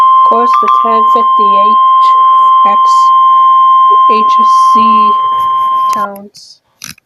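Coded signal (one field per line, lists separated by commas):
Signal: Emergency Alert System (SAME) tones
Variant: 1050 Hz attention tone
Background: speech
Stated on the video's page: Fictional EAS scenario with sirens.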